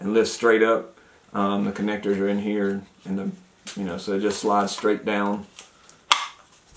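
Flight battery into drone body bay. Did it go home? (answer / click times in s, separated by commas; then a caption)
yes / 6.1 s. A flight battery for a DJI Mavic drone is slid straight down into the open top bay of the drone body onto its connectors while someone talks. A loud, sharp snap at 6.1 s marks the battery latching and locking into place.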